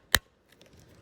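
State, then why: Seated. After opening the 12-volt RZ 0158 CME PGMFI main fuel-injection relay from a 2003 Honda Pilot to inspect its solder joints, the white inner part is put back and the plastic relay cover is pressed into the housing base until its side tabs catch. One sharp snap at 0.2 s marks the cover seating, followed by faint, quiet handling ticks. The housing snaps back together.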